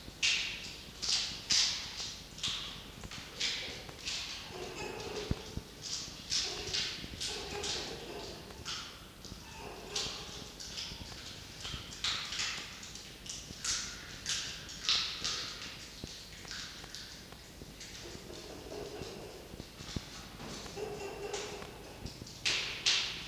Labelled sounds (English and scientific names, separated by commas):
Red Fox (Vulpes vulpes)